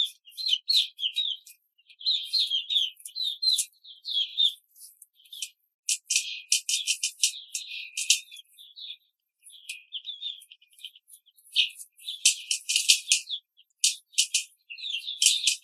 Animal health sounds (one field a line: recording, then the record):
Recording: young laying hens in a cage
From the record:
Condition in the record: control cage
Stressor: none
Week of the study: 5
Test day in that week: 1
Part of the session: 3